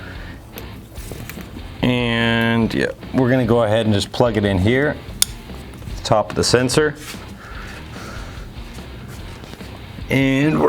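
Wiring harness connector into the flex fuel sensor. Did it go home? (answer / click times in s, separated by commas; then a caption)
yes / 5.2 s. A power and sensor wiring harness connector is pushed into the top of an E85 flex fuel sensor on a Camaro. Someone talks while it is plugged in, and one sharp click is heard at 5.2 seconds as the connector seats.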